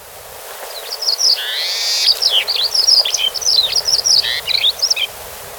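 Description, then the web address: Paramo Pipit singing a long, lively phrase of high chirps, a harsh buzzy band, then rapid jumbled twittering notes running for about four and a half seconds. Recorded in Ecuador. "Natures Songs S America Birds of Ecuador. Paramo Pipit"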